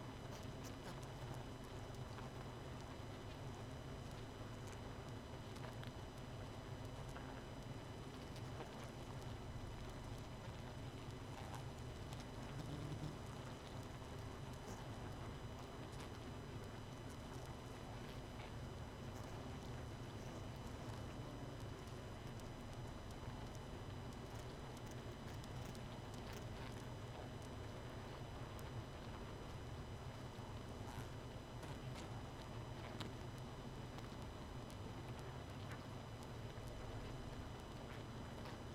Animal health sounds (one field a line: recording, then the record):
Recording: honeybee colony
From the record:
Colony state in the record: missing queen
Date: 31 May 2018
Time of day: 22:44